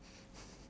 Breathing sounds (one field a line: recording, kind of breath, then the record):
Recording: one breath in and out by a microphone near the nose and mouth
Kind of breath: strong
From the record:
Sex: male